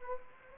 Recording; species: mosquito wingbeat signal from an infrared sensor; Anopheles arabiensis